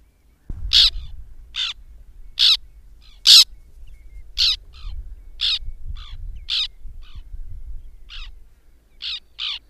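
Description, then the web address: White-winged tern uttering short, grating calls in an irregular series, with a low rumbling background for most. "Madardalok Cd 3. Fehérszárnyú szerkő"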